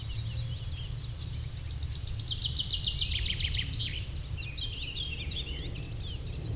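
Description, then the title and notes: Common Nightingale song: a quick, even run of repeated piping notes midway, set against a busy chorus of other birds and low background rumble. Sung alongside other birds at a promenade in Westlicher Düppeler Forst, Germany. "Westlicher Düppeler Forst, Germany - nachtigall und andere voegel. a nightingale and other birds at the promenade"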